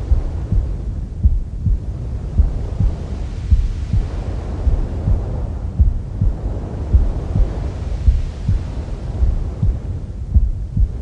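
Muffled, regular low thumps at about 53 per minute over a deep rumbling whoosh, like a heartbeat heard from inside the womb. These are womb sounds with the mother's heartbeat, a calming sleep sound to help babies sleep faster.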